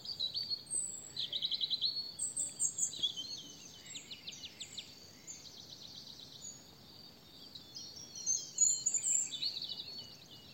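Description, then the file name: European robin song of varied high phrases: rapid trills, buzzy rattles and thin whistled notes, delivered in short bursts with brief pauses between them. "Erithacus rubecula"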